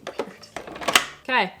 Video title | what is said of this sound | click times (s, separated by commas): I Tested the MOST VIRAL Kitchen Gadgets for Spring | it clicked now we we want to turn it on we want to go to soft serf and then we want to go to | 1.0 s